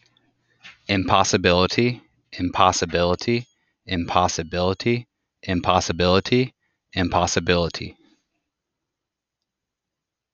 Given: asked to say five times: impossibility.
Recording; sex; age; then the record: repeated word; male; 30 to 39 years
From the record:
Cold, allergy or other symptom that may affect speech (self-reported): no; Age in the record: 33 years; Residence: Pennsylvania, United States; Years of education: 16